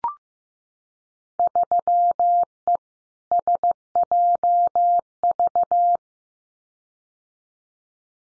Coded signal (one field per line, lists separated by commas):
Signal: Morse code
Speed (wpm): 15 wpm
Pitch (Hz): 700 Hz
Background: none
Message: 3E SJV